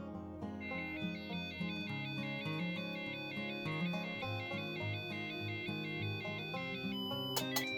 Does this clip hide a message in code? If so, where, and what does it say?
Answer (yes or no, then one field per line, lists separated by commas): no